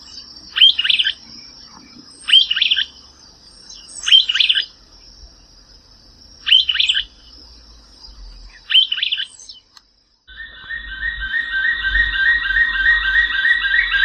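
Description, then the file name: Bird song: scratchy bursts roughly every two seconds over a steady high tone, then a rapid trilled series of notes with low rumble. "passaros"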